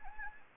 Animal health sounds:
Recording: mosquito wingbeat signal from an infrared sensor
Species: Anopheles gambiae

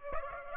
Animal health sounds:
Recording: mosquito wingbeat signal from an infrared sensor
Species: Aedes aegypti

